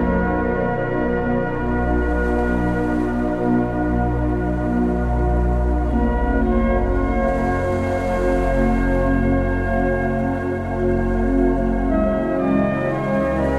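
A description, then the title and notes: Gentle relaxing music with steady sustained tones and a soft low drone, slowly shifting layers, and a faint airy wash swelling now and then. Gentle relaxing music.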